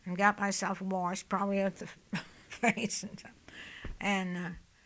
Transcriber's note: she laughs